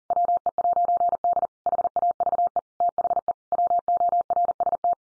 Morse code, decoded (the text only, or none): WE'D HAVE THE WORST